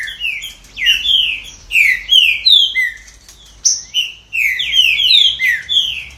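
Green-winged saltator song made of quick, strong whistles that swoop downward, delivered in two rich phrases with a brief gap between them.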